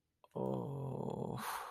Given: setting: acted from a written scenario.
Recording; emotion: vocal sound without words; disappointment